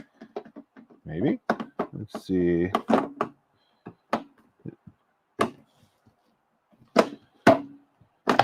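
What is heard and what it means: Someone talks while trying to fit an accessory bracket onto the keyhole mount of a CR-10 Smart 3D printer frame, and a series of sharp knocks and taps is heard as the part is handled and pressed against the frame. The bracket fails to seat on the keyhole mount, and nothing has seated or clicked yet.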